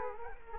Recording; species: mosquito wingbeat signal from an infrared sensor; Culex quinquefasciatus